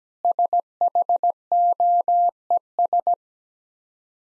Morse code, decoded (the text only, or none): SHOES